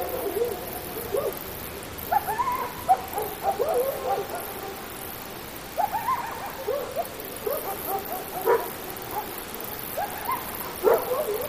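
Coyote group yipping in bursts every few seconds, jumbled short barks and yelps from several animals, with quieter stretches of hiss between.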